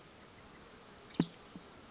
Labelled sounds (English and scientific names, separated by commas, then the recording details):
Western Tanager (Piranga ludoviciana)
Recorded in Sonoma County, California